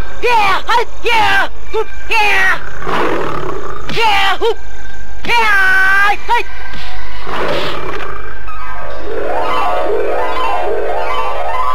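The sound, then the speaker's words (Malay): A tiger lets out a series of loud, shrieking roars with high, wavering cries, followed by a rising and falling warbling tone that trails off. “Harimau itu melengking tinggi dan kemudian lenyap dengan meninggalkan asap.”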